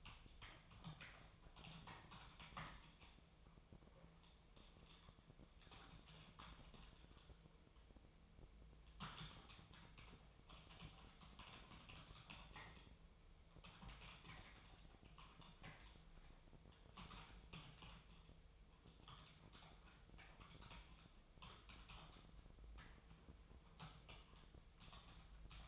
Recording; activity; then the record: daily activity, microphone in the room; typing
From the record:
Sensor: 1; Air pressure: 999.2 hPa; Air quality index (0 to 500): 209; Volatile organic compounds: 51 ppm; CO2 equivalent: 3309 ppm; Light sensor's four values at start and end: 9/22/8/9 and 9/22/8/9